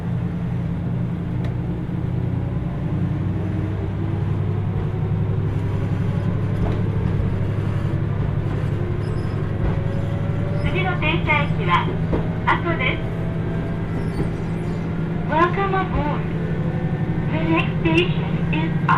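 A steady, low engine drone fills the ride on the Kyushu Odan limited express along the Hohi Line, with a faint rising whine on top. Short bursts of voices come in around 11, 15 and 18 seconds, and occasional soft knocks punctuate the rumble.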